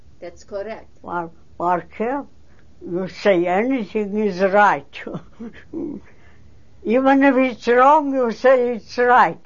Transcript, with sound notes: That's correct.
Barkev. You say anything is right. ( she laughs ) Even when it's wrong you say it's right.